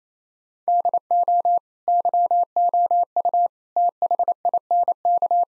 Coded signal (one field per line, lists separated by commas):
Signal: Morse code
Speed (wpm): 27 wpm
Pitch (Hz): 700 Hz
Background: none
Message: DO YOU THINK